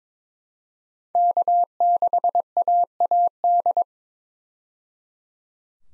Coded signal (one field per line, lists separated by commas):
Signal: Morse code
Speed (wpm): 22 wpm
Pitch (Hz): 700 Hz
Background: none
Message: K6AAD